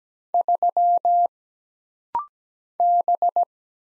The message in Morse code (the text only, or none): 3 B